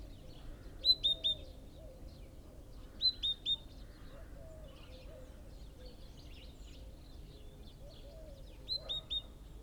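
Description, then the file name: Great tit, sharp high whistled notes in groups of three, heard three times over ten seconds, with faint twittering and lower bird calls beneath. "Parus major"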